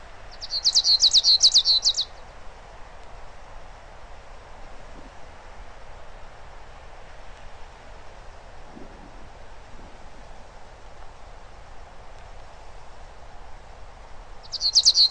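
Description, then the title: Bird song: a short burst of fast, high chirped notes at the start, a long hissy pause, then the same rapid phrase beginning again at the end. "LuckyPassaro Completos2Sama"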